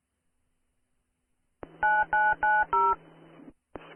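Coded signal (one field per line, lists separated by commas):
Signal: DTMF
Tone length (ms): 230 ms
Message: 9990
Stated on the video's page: DTMF heard on a 444.8500 MHz repeater of the K-Link repeater network.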